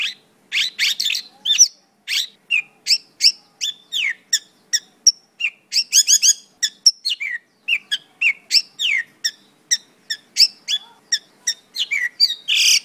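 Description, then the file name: Songbird song, a busy run of sharp chirps, squeaky slurs and short whistled notes, delivered in rapid varied phrases with brief pauses throughout. Master song (kicau master) of a songbird; uploaded October 2013. "kicau master pakling omkicau"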